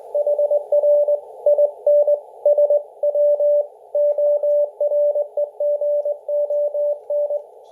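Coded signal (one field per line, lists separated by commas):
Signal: Morse code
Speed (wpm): 20 wpm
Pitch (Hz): 590 Hz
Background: none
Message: HR IN SW OREGON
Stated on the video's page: Morse on an mcHF QRP software-defined transceiver.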